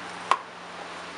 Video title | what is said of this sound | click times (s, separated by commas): 4d Carbon Fiber Vinyl Wrap on Interior Door Handle | keep pushing until it clicks | 0.3 s